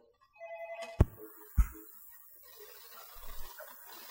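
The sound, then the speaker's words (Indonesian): A phone ringtone plays a bright, melodic tone pattern, cut off by two sharp clicks as the handset is picked up, followed by faint rustling. “Kita coba angkat telepon dulu.”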